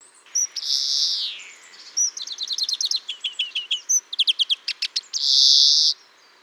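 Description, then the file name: European greenfinch singing: a long nasal wheeze, then rapid twittering trills and chirps, ending with another drawn-out buzzy wheeze. "Chloris chloris"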